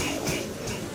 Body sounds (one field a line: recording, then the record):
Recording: coughing mixed with background sound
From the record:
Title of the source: Spring Cold Coughing 2